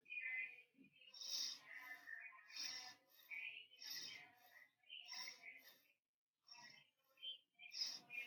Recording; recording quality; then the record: shallow breathing; excellent, no background noise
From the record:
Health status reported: healthy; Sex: female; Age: 20 years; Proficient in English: yes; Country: India